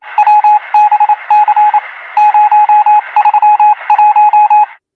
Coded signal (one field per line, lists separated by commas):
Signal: Morse code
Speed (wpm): 27 wpm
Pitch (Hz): 840 Hz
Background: radio noise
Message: WBC 031